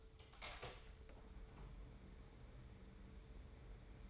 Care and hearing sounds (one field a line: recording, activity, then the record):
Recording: daily activity, microphone in the room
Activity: open door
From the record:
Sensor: 3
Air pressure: 1015.1 hPa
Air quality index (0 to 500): 153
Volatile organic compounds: 9 ppm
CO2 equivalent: 2177 ppm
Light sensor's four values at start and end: 15/39/16/17 and 15/40/16/17